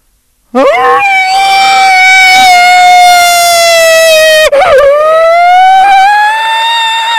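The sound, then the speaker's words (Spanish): A person imitates an animal howl, a loud sustained tonal wail that rises, holds steady, briefly breaks with a catch of breath, then climbs again, rich in harmonics. “Es el mejor aullido de todos los tiempos, sí, la verdad.”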